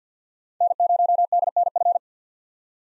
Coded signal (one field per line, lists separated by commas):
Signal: Morse code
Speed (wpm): 49 wpm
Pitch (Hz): 700 Hz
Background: none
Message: N0DNF